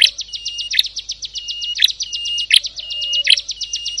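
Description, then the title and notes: Prinia song: fast, even series of high buzzy notes, punctuated by sharp clicks and intermittent thin whistles underneath. Compilation of ciblek and prenjak birdsong intended for masteran, tutoring captive songbirds. "Kompilasi Suara Ciblek Prenjak Cocok Untuk Masteran. Kicau Burung Prenjak Ciblek"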